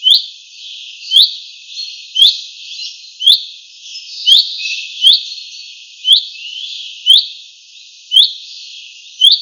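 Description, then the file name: Common chaffinch repeating a short rising call note about once per second, fairly regular. "Fringilla coelebs"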